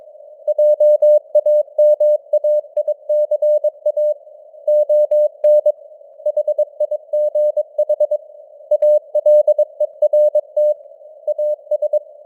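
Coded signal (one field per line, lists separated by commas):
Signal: Morse code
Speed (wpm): 22 wpm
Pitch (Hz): 600 Hz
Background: none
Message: JAMAICA ON HIGH ALERT AS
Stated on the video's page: Computer-generated news headlines in Morse at 22 wpm with simulated radio noise and varying signal strength (QSB).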